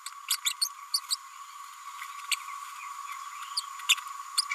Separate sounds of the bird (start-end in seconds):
0.45-0.53, 0.93-1.00, 1.10-1.16, 3.56-3.62, 3.88-3.95